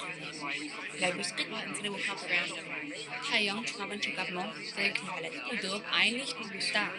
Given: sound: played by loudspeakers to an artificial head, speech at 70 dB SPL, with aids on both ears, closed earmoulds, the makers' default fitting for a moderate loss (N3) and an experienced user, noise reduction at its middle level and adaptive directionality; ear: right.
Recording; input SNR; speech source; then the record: speech test signal (ISTS) in cocktail-party noise; -6 dB; in front (0 degrees)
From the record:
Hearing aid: class 2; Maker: I